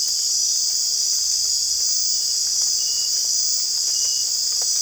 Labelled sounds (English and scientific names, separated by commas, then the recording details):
none
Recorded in dense forest near Puerto Asís, Putumayo, Colombia, on 22 December 2024 at 19:00
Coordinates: 0.482, -76.320
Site G021